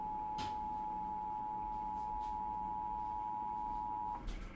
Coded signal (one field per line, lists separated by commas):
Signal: Emergency Alert System (SAME) tones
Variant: 853 and 960 Hz attention tone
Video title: Reacting To Rare and Disturbing EAS Alerts Explained